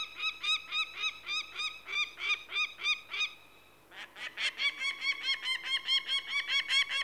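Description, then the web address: Peregrine falcon calling in a harsh, nasal series of cackling notes. The notes stop briefly after about three seconds, then resume faster and more insistently. "BBC Sound Effects Library. Peregrine Falcon"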